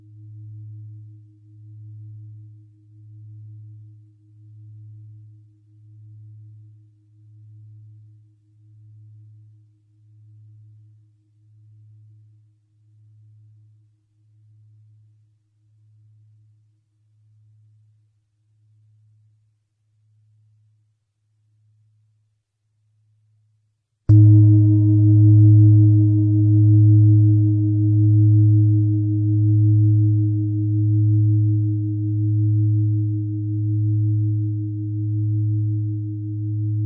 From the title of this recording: 107.245 Hz